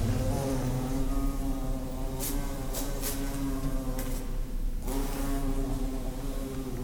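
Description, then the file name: Bumblebee buzzing, a low continuous drone with layered overtones, broken by several soft knocks and brief rustling bursts near the middle. "Humle"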